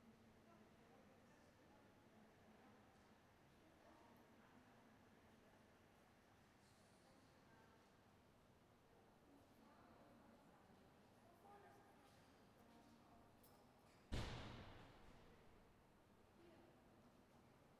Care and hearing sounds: everyday scene through a hearing-aid microphone; reverberant space; background noise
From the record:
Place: railway station hall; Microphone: behind the ear, right, rear

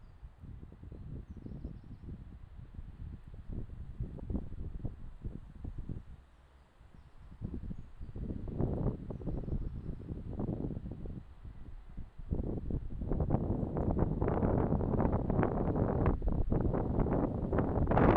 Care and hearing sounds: everyday scene through a hearing-aid microphone; wind on the microphone; squally wind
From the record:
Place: parking lot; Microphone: in the ear canal, left

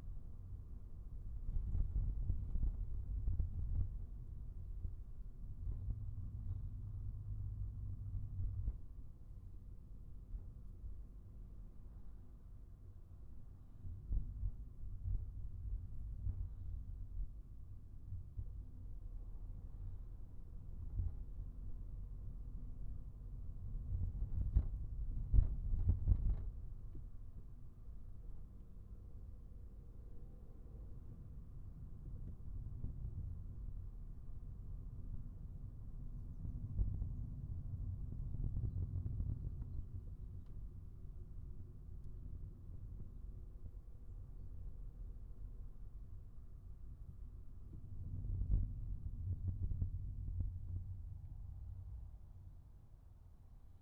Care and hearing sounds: everyday scene through a hearing-aid microphone; in a vehicle; engine, highway traffic jam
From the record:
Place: Skoda Fabia, gasoline engine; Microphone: behind the ear, right, rear

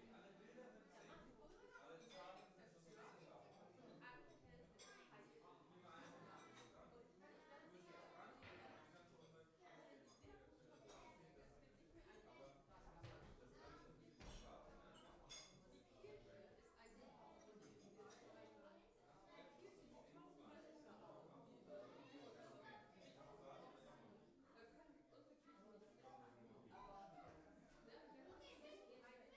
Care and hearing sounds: everyday scene through a hearing-aid microphone; many people talking; many voices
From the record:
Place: parish hall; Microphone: behind the ear, left, rear

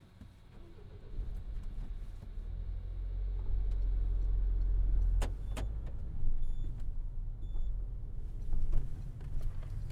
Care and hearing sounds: everyday scene through a hearing-aid microphone; in a vehicle; other noises, engine starting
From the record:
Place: Berlingo II, diesel engine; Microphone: behind the ear, right, rear

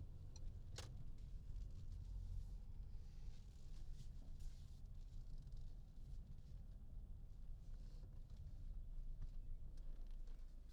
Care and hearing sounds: everyday scene through a hearing-aid microphone; in a vehicle; engine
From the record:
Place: Berlingo II, diesel engine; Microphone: in the ear canal, left

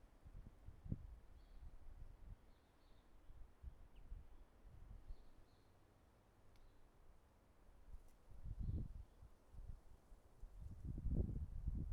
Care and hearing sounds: everyday scene through a hearing-aid microphone; wind on the microphone; wind, traffic, birds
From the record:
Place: suburban garden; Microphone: behind the ear, right, rear

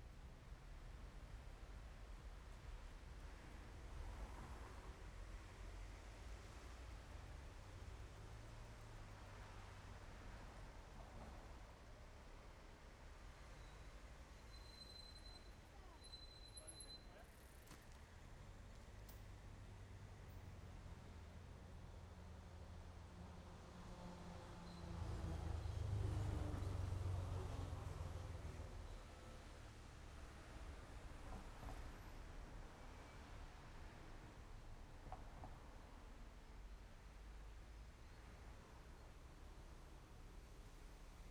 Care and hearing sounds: everyday scene through a hearing-aid microphone; in traffic; traffic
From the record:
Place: main road on the outskirts, rush hour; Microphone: behind the ear, left, front

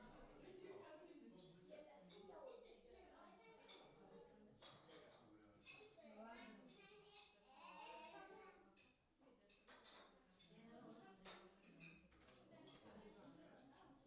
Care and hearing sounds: everyday scene through a hearing-aid microphone; many people talking; many voices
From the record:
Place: parish hall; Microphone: in the ear canal, left

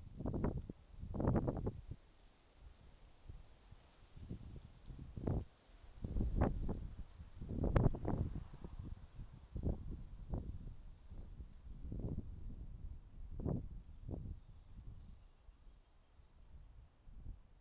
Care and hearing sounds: everyday scene through a hearing-aid microphone; wind on the microphone; wind, traffic, birds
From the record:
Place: suburban garden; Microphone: in the ear canal, left

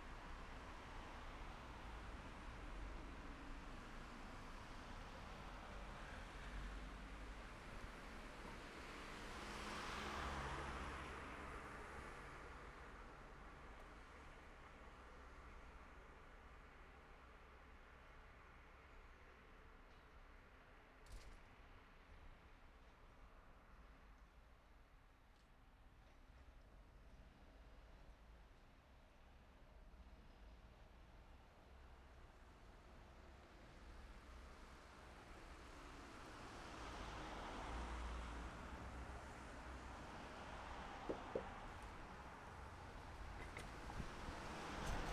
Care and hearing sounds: everyday scene through a hearing-aid microphone; in traffic; traffic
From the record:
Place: city secondary road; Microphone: behind the ear, left, front

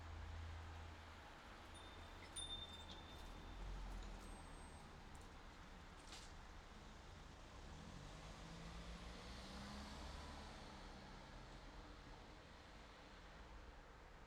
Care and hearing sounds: everyday scene through a hearing-aid microphone; in traffic; traffic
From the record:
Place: city secondary road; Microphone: in the ear canal, left

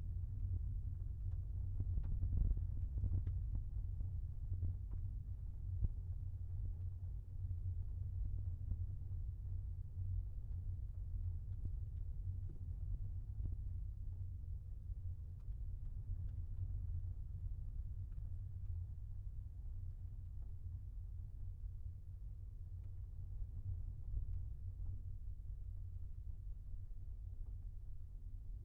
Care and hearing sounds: everyday scene through a hearing-aid microphone; in a vehicle; engine, rumble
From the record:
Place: Skoda Fabia, gasoline engine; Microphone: behind the ear, left, front

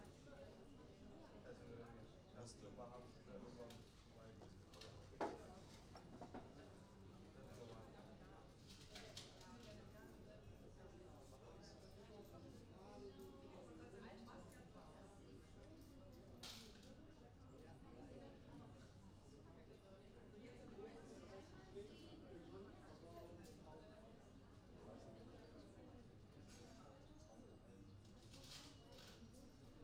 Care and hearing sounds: everyday scene through a hearing-aid microphone; many people talking; many voices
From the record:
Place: university cafeteria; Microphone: in the ear canal, right

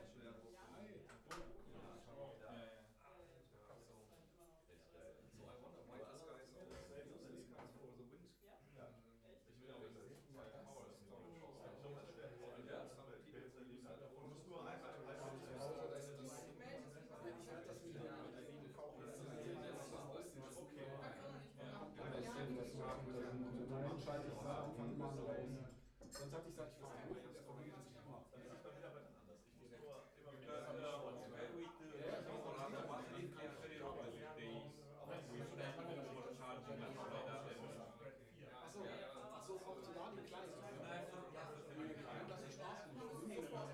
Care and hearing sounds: everyday scene through a hearing-aid microphone; many people talking; many voices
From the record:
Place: bistro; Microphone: behind the ear, left, rear

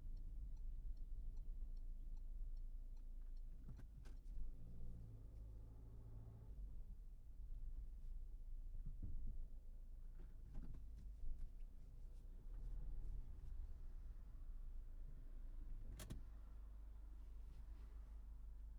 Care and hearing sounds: everyday scene through a hearing-aid microphone; in a vehicle; engine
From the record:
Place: Berlingo II, diesel engine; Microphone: behind the ear, right, rear

